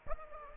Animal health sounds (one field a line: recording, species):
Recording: mosquito wingbeat signal from an infrared sensor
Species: Aedes aegypti